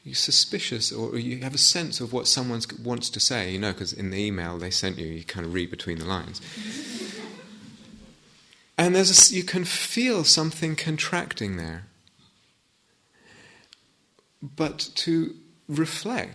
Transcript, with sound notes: You're suspicious, or you have a sense of what someone wants to say -- you know, because in the email they sent you, you kind of read between the lines. [laughter] And you can feel something contracting there. But to reflect: